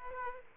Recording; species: mosquito wingbeat signal from an infrared sensor; Aedes aegypti